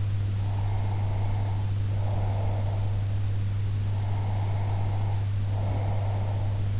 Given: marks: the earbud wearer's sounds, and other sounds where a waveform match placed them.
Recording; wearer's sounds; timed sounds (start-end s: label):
sounds in sleep by an in-ear microphone; breath
0.38-3.16 s: breath
3.93-6.67 s: breath